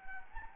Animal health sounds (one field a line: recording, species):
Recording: mosquito wingbeat signal from an infrared sensor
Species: Anopheles gambiae